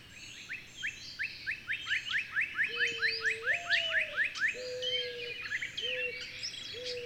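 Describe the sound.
Bird delivering quick series of sharp rising chips while other birds call, and a low flat whistle repeats underneath in the second half.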